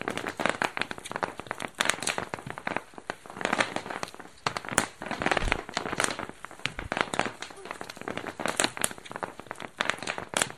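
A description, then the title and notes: Bubble wrap pops in rapid, irregular bursts of sharp snaps throughout, dense and crackly, with faint voices murmuring underneath. Bubble-wrap pop. Bubble wrap popping at Dorchminster Mansion. Recorded by Dan Bodah, October 2008.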